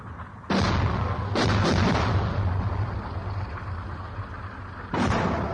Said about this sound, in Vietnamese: Tiếng đạn rít trên không trung, chúng tôi biết là địch pháo kích dài, đạn bắn qua đầu. Tiếng đạn pháo của địch nổ chát chúa bên phải và dài đối với pháo đội.